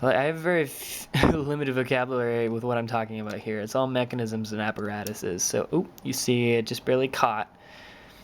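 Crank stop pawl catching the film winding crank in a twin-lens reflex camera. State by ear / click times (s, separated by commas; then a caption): not seated / none. The film winding crank of a twin-lens reflex camera is handled with its inner mechanism exposed, near the small metal crank stop pawl that pivots to catch and stop the crank. Someone talks throughout. Nothing has clicked into place yet.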